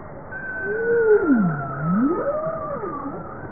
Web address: Bowhead